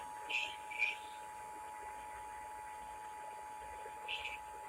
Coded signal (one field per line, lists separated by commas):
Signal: Emergency Alert System (SAME) tones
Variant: 853 and 960 Hz attention tone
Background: speech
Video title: COLORADO DOING IT THE IPAWS WAY! Broadcast Radio EAS: Required Monthly Test (EAS #1,062-1,063)